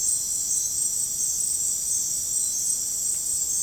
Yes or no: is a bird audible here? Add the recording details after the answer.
no. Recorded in dense forest near Puerto Asís, Putumayo, Colombia, on 29 June 2025 at 19:00. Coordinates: 0.503, -76.323. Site G059